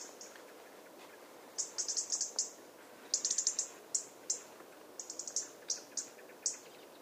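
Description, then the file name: European robin giving thin, very high call notes in short irregular bursts, some quick runs of four or five, with faint background hiss. "Erithacus rubecula"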